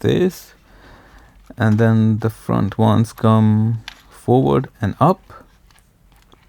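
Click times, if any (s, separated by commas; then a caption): none. Someone talks while handling a DJI Mini 4 Pro, a small folding plastic drone, swinging its front folding arms forward and up toward their hinge stops on the compact drone body. Faint small handling ticks follow near the end of the clip. Nothing has seated or clicked into place yet.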